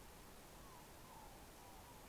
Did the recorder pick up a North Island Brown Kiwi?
no